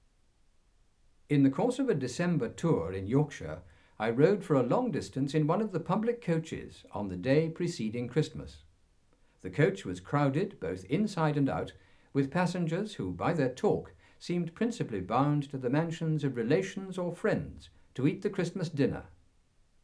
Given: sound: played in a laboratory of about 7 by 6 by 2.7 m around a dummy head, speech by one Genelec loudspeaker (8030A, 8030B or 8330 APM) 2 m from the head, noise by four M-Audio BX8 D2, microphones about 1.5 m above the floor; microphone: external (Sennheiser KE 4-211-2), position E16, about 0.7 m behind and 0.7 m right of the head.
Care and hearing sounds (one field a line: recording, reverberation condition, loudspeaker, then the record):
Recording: male speech in English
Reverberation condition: low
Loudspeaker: 120 degrees to the right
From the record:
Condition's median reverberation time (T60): about 310 ms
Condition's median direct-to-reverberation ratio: about 3.5 dB